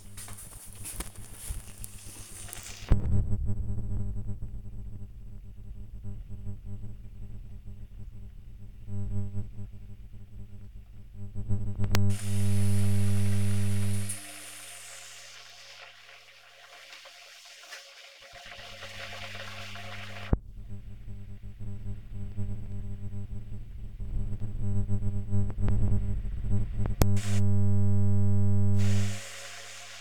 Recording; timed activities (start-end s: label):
household activities, microphone on the right wrist
0.00-30.01 s: making tea